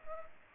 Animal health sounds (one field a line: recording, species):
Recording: mosquito wingbeat signal from an infrared sensor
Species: Culex pipiens